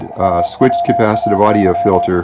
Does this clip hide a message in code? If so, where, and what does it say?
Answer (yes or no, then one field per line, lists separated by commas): yes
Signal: Morse code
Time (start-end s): 0.2-2.1 s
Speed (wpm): 28 wpm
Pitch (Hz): 690 Hz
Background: speech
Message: AWAY